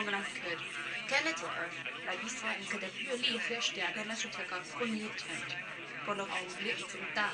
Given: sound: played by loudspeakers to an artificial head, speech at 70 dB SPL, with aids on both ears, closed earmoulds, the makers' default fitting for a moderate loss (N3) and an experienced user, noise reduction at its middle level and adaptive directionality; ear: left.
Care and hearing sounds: speech test signal (ISTS) in cocktail-party noise; +6 dB; on the right (90 degrees)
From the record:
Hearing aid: class 2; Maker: G

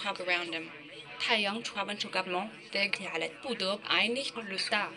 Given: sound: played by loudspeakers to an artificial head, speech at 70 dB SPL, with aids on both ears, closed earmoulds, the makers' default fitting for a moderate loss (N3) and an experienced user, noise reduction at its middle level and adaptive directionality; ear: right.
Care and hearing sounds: speech test signal (ISTS) in cocktail-party noise; +9 dB; on the right (90 degrees)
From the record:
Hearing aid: class 2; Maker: C

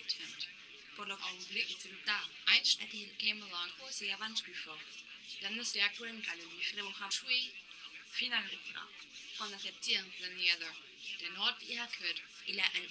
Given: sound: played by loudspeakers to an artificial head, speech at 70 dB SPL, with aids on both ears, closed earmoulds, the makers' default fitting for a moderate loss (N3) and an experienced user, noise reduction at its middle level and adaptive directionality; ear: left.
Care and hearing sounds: speech test signal (ISTS) in cocktail-party noise; +9 dB; on the right (90 degrees)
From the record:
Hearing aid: class 2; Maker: J

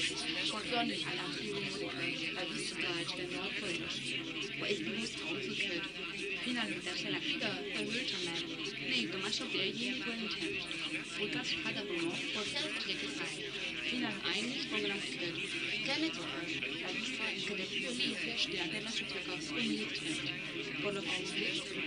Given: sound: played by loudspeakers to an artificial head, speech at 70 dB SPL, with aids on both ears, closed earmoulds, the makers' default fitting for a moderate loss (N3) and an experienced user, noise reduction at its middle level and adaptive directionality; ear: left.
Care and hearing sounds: speech test signal (ISTS) in cocktail-party noise; 0 dB; on the right (90 degrees)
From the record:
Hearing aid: class 2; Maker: D

